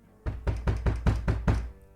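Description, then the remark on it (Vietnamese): Seven heavy, evenly spaced thuds pound on a door from outside in quick succession, a father banging on his son's door, each a loud booming knock with a low resonant body, then the banging stops abruptly. “Ở bên ngoài vọng lên tiếng đập cửa”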